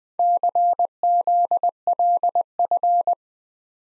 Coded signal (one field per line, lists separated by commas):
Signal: Morse code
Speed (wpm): 20 wpm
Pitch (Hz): 700 Hz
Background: none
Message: CZLF